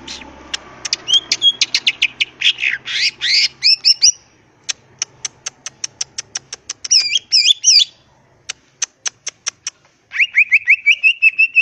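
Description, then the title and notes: Greater green leafbird song made of fast rhythmic ticking notes repeated several times a second, interrupted by twisting whistled phrases and a closing run of rapid slurred notes. Singing vigorously (gacor) in ngentrok style with crest raised; melodious song described as suitable for master recordings used to train other greater green leafbirds. "Cucak Ijo Gacor Ngentrok Jambul Nembak. suara burung cucak ijo gacor, merdu cocok buat masteran burung cucak ijo"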